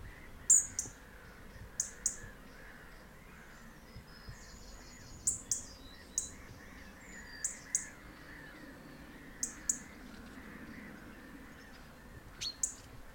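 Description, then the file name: European robin giving sharp, very high ticking notes, single or doubled, repeated every one to three seconds, with a faint thin high whistle and steady low background hiss. "European Robin Erithacus rubecula"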